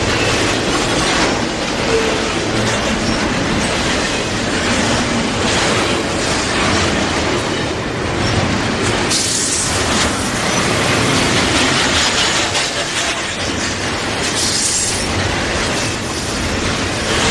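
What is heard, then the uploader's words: A train runs along the tracks with a steady, dense rumble and rattle, brief brighter bursts near nine and fifteen seconds. Train On Tracks.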